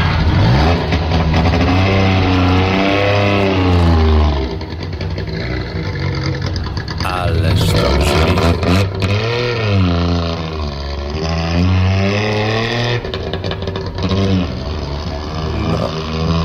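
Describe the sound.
A Polish Syrena 105 car engine runs loudly and steadily, its buzzing tone repeatedly rising and falling as it revs up and settles back, with a brief spoken remark over it.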